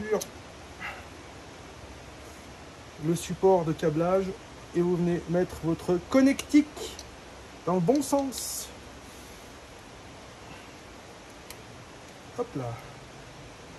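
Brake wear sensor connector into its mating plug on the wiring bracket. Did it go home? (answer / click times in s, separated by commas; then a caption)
yes / 11.5 s. A brake wear sensor connector on the front brakes of a Ford Transit or Transit Custom, during a front disc and pad replacement, is placed the right way round and pushed into its mating plug on the wiring bracket. Someone talks over a low background hiss, then a short, sharp click is heard at 11.5 s as the connector seats home.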